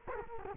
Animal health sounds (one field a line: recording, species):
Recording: mosquito wingbeat signal from an infrared sensor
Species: Culex quinquefasciatus